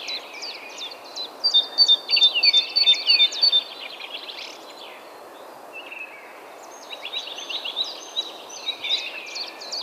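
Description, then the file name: Great tit calling, a rapid series of high paired notes about three per second, amid a busy chorus of other chirping birds. "Parus major"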